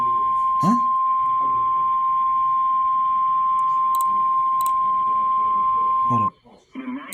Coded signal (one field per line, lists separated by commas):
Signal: Emergency Alert System (SAME) tones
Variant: 1050 Hz attention tone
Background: speech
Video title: Moderately Crazy. | EAS Alerts From 5/19/24 | EAS #614-625